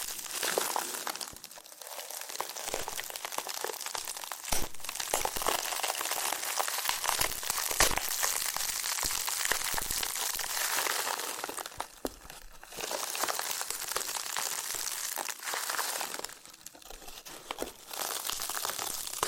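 A loofah is rubbed and peeled in dense, crinkly scratching bursts with sharp pops, easing into brief quieter pauses near 12 and 16 seconds.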